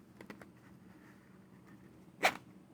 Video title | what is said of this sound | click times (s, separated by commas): How to Make a Leather Pencil Pouch - Free Pattern | I heard a few clicks, so I think I'm good. | 0.2 s, 0.3 s, 0.4 s